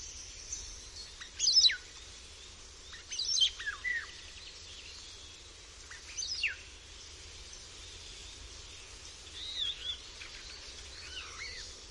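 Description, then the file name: Common starling song in short scattered bursts of thin whistles and sharp downslurred chirps, with pauses of a second or more between them. "Szpak"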